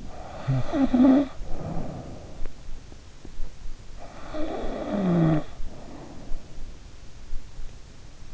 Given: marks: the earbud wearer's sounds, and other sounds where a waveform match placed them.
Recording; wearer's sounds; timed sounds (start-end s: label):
sounds in sleep by an in-ear microphone; snoring breath, teeth grinding
0.00-2.54 s: snoring breath
2.44-3.59 s: teeth grinding
4.05-6.80 s: snoring breath